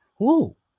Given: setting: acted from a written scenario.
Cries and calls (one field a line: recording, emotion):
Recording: vocal sound without words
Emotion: positive surprise